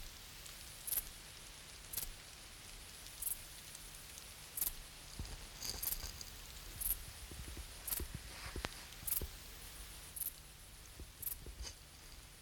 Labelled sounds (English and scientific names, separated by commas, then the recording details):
Dark Bush-cricket (Pholidoptera griseoaptera) stridulation
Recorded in the wild
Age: imago
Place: Treuchtlingen, Heumöderntal, Bayern, DE
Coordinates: 48.96, 10.91
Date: 1993-08-30 19:32
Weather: bedeckt (auch Regen) 13°C
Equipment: Marantz CP 430, Sennheiser MKH 416 T, Kopie Uher Variocord 263
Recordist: Tembrock, Günter